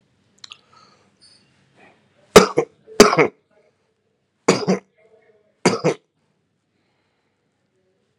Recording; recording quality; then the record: shallow voluntary cough; excellent, no background noise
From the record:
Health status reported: recovered from COVID-19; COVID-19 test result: positive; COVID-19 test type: RT-PCR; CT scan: not taken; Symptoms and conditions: diabetes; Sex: male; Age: 56 years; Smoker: yes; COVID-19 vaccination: both doses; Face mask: worn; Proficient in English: yes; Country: India